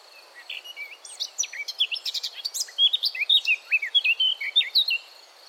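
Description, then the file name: Eurasian blackcap song starting with scratchy chatter and swelling into bright, varied whistled phrases, notes tumbling quickly one after another. "Sylvia atricapilla"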